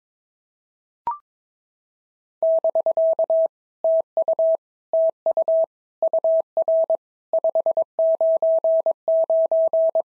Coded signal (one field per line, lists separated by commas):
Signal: Morse code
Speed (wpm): 22 wpm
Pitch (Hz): 650 Hz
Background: none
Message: <BK> TU TU UR 599